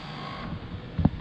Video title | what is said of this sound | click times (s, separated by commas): 2007 MBO Perfection Navigator K800 Pallet Feed Paper Folder w/ FA-82 Vertical Stacker | there's your sound hood it comes up and locks in place | 1.0 s